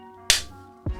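A plastic detail piece is pushed into the right leg of a model robot and snaps into place with a sharp click at 0.3 s, followed by a softer thud at 0.9 s over faint background music. The piece is seated.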